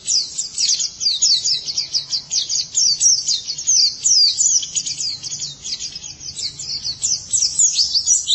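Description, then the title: White-eye song: dense, very high, fast twittering chirps pouring out steadily with almost no gaps, a faint low hum behind. "Kicauan Burung Pleci Durasi Panjang"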